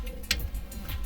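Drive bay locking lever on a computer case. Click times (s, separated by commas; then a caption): 0.3 s. The plastic lock lever on a computer case's drive bay is pressed down to lock a hard drive in place, giving one sharp snap at 0.3 s among a few quieter taps. The lever snaps down and the hard drive is locked in.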